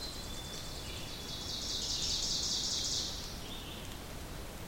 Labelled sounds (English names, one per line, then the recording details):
Ovenbird song
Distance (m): 45 m
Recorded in boreal forest in Alberta, Canada, on 2 June 2016 at 08:26
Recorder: SongMeter 3, array SBT-3-7
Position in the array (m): 192 m, 0 m
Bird 6